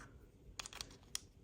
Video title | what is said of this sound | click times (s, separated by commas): Holbein watercolor palette setup & swatching + putting together travel whiskey painters box art | and then snap down | 0.6 s, 1.2 s